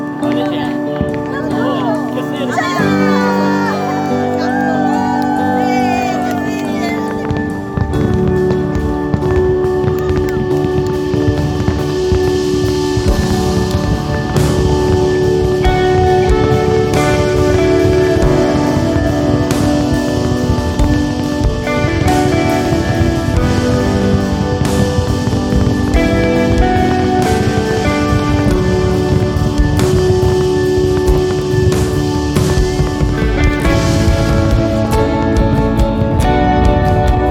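Fireworks at Madeira Island go off in a dense, nonstop barrage of booms and crackles, with sharper bursts landing every few seconds from about fifteen seconds on. Rising whistles sound in the first few seconds, and a steady hum of voices runs underneath.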